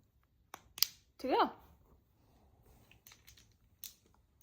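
The plastic back cover of a 2016-2024 VW Tiguan / Passat key fob is pressed onto the housing after a CR2032 coin cell has been clicked into place. Sharp snap clicks at 0.8 s and 0.8 s mark the cover seating, followed by someone talking and a few lighter taps. The back cover ends up seated.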